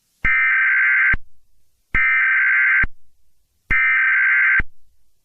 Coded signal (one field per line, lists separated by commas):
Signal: Emergency Alert System (SAME) tones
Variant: header bursts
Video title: EAS TEST